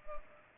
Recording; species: mosquito wingbeat signal from an infrared sensor; Culex pipiens